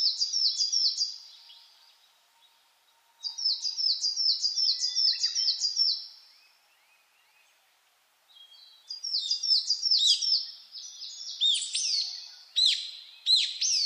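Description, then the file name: Coal tit singing two bouts of fast, high repeated phrases, then a third bout that turns into varied sharp, high chirping notes. Recorded 10 June 2009 at 06:39 in the morning. "higara 20090610-0639"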